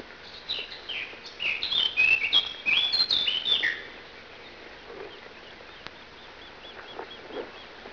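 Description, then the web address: Eurasian blackcap singing a rapid warbled phrase of bright, varied notes for about four seconds, followed by quiet with faint bird calls. Recorded in a park. "park voegel moenchsgrasmuecke"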